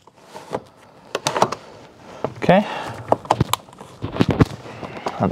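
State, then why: Seated. A plastic pillar trim piece, the bottom piece around the seatbelt height adjuster, is pressed onto the B-pillar of a Ford Focus ST while someone talks. Several sharp plastic knocks and taps are heard, and the trim snaps into place with a crisp click at 3.5 s, seating it.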